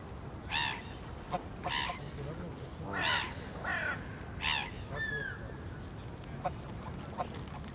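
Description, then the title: Goose honks repeated in a loose series over several seconds, joined by a thin descending whistled call and scattered short calls from other birds. Geese on a pond in Brussels, Belgium; passers-by throw bread to them. "Bois de la Cambre, Bruxelles, Belgique - Oies et mouettes sur l'étang."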